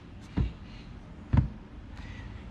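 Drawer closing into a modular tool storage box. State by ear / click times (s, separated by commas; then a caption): seated / 1.3 s, 1.4 s. A plastic drawer of a Milwaukee Packout modular tool storage box, which is not soft-close, is pushed shut and latches into place. A soft knock at 0.4 s is followed by the latching clicks at 1.3 s and 1.4 s, and the drawer is seated closed.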